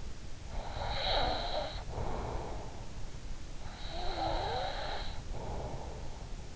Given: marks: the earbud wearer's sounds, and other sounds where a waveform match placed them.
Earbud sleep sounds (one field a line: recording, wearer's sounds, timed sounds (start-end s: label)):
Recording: sounds in sleep by an in-ear microphone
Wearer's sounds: breath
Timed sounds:
0.25-2.76 s: breath
3.27-6.13 s: breath